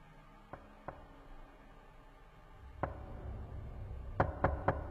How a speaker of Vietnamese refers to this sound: Đóng cửa lại, đang định quay vào, thì một lần nữa tiếng gõ cửa lại vang lên.